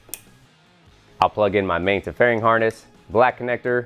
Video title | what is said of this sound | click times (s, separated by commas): Is This The Best Audio for Harley Davidson ??? - Hertz SPL SHOW | Just push them in till you hear it click. | 0.1 s